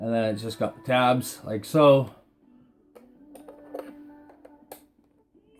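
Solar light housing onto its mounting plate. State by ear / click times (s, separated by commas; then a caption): seated / 4.7 s. Someone talks, then a plastic solar motion-sensor light housing is slid down onto the tabs of its wall mounting plate, with a few soft scraping knocks from about 3.0 to 4.5 seconds over faint background music. A sharp click at 4.7 seconds marks the housing locking in place on the plate.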